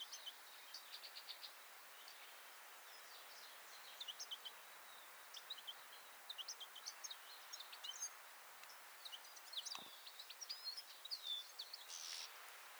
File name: Carduelis carduelis